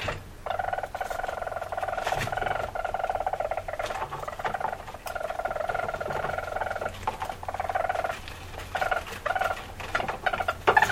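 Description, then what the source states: Weasel call, long rapid purring trills lasting several seconds each with brief pauses, over a low background hum. Male.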